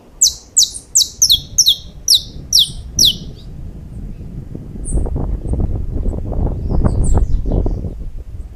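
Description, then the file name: Saffron finch song: a rapid run of sharp, high, downslurred chirps for about three seconds, then a steady low rumbling background noise. "Canto-do-Canário-da-Terra"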